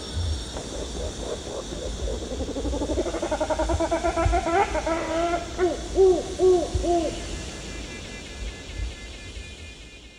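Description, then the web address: White-crowned hornbill hooting: faint at first, then a burst of rapid overlapping hollow notes that ends in a few clear, arched hoots, over constant background hiss and low rumble. Danum, Borneo, 1 April 2006. "DANUM 20060401. white-crowned hornbill"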